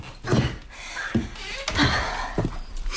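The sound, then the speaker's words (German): A house door is opened and shut as someone steps outside: a few dull knocks and thuds spread over a few seconds, with shuffling and faint breathing between them and no talking. “Ich gehe mal kurz vor die Tür.”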